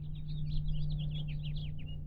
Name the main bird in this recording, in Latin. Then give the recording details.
Haemorhous mexicanus. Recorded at Hewlett Harbor on Long Island, New York, on 10 June 1975. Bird D